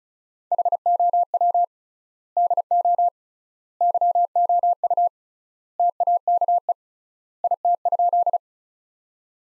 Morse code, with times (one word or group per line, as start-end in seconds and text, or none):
0.5-1.6 HOW
2.4-3.1 DO
3.8-5.1 YOU
5.8-6.7 TAKE
7.4-8.4 IT?